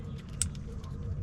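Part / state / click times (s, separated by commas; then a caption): alternator cable wire connector into its mating terminal / seated / 0.4 s. A wire connector on a new replacement alternator cable is pushed onto its mating terminal and clips in with a sharp, bright click at 0.4 seconds. The click rises above a low, steady rumble. The connector is seated.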